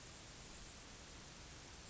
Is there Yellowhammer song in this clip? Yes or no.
no